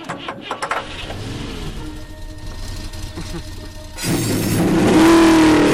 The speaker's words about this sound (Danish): Mine herrer, Start jeres motorer!